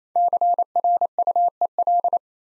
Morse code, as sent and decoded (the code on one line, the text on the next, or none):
-.-. .-. ..- . .-..
CRUEL